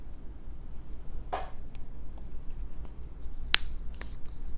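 A small metal ball bearing is pressed by hand into the bore of a Shimano Stradic FK spinning reel part, replacing a plastic bushing to add bearings for a smoother reel. Faint scrapes and light ticks lead to a sharp pop at 3.5 s as it presses in, followed by a few softer ticks. The bearing is not yet fully seated and still needs tapping further in with a screwdriver.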